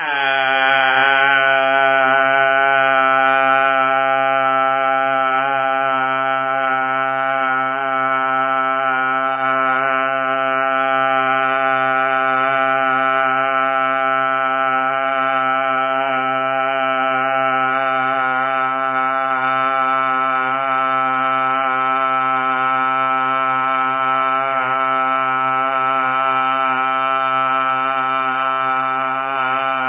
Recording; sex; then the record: sustained vowel /a/; male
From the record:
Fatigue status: no fatigue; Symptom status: asymptomatic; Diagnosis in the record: COVID-19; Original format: 3gp